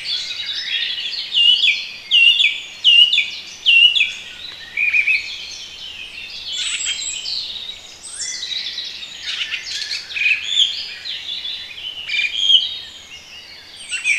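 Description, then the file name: Birdsong chorus led by a repeated series of clear whistled phrases early on, followed by tangled overlapping trills and chirps from several birds. Relaxation recording of bird sounds. "relaksacja odglosy ptakow"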